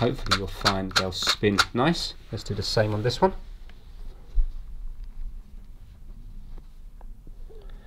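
Someone talks for the first few seconds, then a plastic wheel is lined up on its mount on a Shark vacuum floor head, with the plastic side on the outside, before being pressed home. Only faint handling sounds and a few soft taps follow, and the wheel has not yet seated or clicked.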